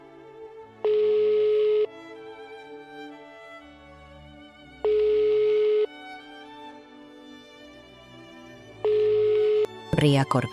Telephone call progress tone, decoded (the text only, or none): ringback tone